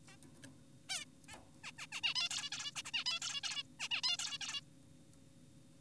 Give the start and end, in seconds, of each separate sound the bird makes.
0.08-0.17, 0.89-1.05, 1.29-1.38, 1.64-1.72, 1.78-1.87, 1.92-2.01, 2.03-2.14, 2.16-2.29, 2.31-2.50, 2.52-2.71, 2.76-2.82, 2.85-2.91, 2.94-3.04, 3.06-3.20, 3.22-3.41, 3.44-3.63, 3.80-3.88, 3.91-4.01, 4.04-4.17, 4.19-4.39, 4.41-4.61